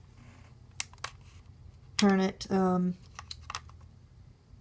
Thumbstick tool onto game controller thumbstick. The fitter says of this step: It just clicks right into place.